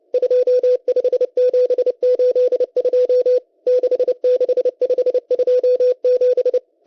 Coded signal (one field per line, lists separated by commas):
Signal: Morse code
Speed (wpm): 30 wpm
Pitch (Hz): 500 Hz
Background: none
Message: 25782 66527